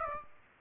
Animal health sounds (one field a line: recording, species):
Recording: mosquito wingbeat signal from an infrared sensor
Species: Aedes aegypti